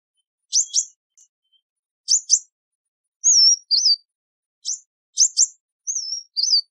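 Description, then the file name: Sunbird giving high, thin double chips, then a wavering whistle and a dipping note, the sequence repeated twice with clean silence around it. "Tieng chim hut mat"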